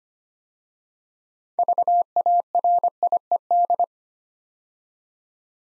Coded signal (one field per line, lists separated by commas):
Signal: Morse code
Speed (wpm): 25 wpm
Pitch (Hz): 700 Hz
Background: none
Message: VARIED